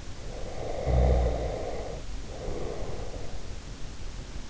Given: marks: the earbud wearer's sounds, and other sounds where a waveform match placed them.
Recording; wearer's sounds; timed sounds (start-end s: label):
sounds in sleep by an in-ear microphone; snoring breath
0.16-3.48 s: snoring breath